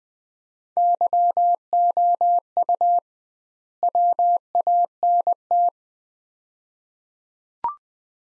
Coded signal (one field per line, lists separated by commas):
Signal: Morse code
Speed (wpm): 20 wpm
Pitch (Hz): 700 Hz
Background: none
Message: YOU WANT